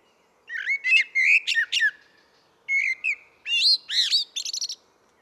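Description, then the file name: Common blackbird song in two bursts, each a quick series of warbled whistles rising into high, squeaky, twittering notes. "Turdus merula"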